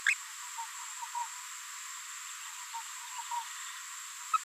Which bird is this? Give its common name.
Green-rumped Parrotlet